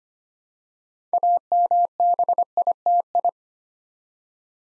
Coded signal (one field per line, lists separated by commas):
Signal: Morse code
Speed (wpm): 25 wpm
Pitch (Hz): 700 Hz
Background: none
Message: AMBITI